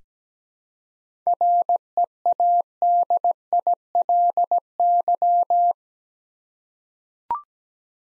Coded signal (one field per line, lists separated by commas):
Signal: Morse code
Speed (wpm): 17 wpm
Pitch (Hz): 700 Hz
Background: none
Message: READILY